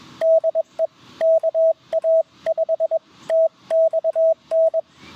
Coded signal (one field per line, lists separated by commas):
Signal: Morse code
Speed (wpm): 23 wpm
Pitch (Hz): 650 Hz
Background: radio noise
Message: DE KA5TXN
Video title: CW POTA Activation with G90 and EFHW Wire | US-6553